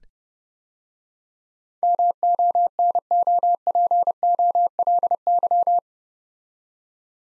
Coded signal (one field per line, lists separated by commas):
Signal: Morse code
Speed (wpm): 29 wpm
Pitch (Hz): 700 Hz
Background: none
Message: MONOPOLY